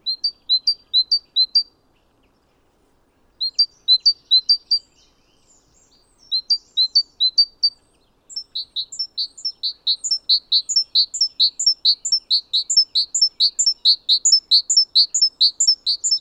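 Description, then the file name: Great tit song, several bursts of two-note phrases with pauses, then a long unbroken run of repeated phrases to the end. "Parus major"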